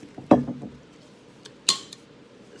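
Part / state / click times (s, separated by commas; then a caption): slide lid on a drinking cup / seated / 1.7 s. A plastic slide lid on a tumbler cup is slid shut until it locks in place, so it should not leak. A dull knock comes at about 0.3 s, followed by faint small taps. The sharp click of the lid locking lands at 1.7 s, with a light tick just after.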